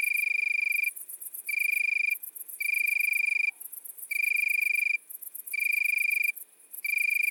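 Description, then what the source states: Italian tree cricket: repeated mellow trills, each under a second, alternating with short silences, against a continuous high, rapid insect pulsing. Recorded at midnight at Le Puech, Cantal.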